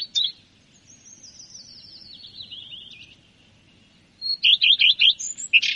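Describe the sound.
Common redstart: a faint descending series of notes, then a loud phrase of rapid repeated chirps ending in high squeaky notes.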